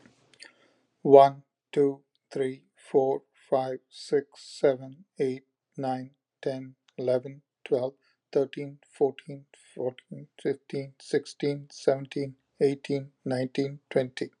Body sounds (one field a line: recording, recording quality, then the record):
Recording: counting at a normal pace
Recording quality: excellent, no background noise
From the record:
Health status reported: exposed to COVID-19, no respiratory illness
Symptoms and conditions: hypertension, diabetes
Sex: male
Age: 49 years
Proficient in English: yes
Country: United States